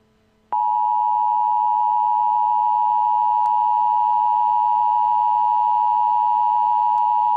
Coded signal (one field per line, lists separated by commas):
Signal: Emergency Alert System (SAME) tones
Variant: 853 and 960 Hz attention tone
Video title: Emergency Alert System: Unidentified Disease